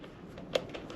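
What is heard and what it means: On a 2023 Harley Low Rider ST fitted with a Saddlemen Pro Series SDC Performance Gripper Seat, the popped-out seat lock plunger is pushed back into the lock body on the seat mount while the seat is being locked back down. A sharp, bright click at 0.6 s stands well above soft handling noises around 0.4 s and 0.9 s. The lock is seated and set.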